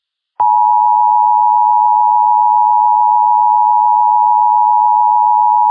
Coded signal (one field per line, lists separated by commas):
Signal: Emergency Alert System (SAME) tones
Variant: 853 and 960 Hz attention tone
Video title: IN THE PRAIRIE [a gmod EAS scenario recreation]